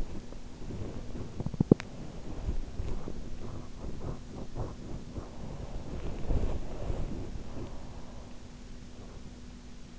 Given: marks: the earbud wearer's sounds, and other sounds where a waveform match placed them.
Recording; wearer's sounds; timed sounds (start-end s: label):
sounds in sleep by an in-ear microphone; teeth grinding
0.00-8.07 s: teeth grinding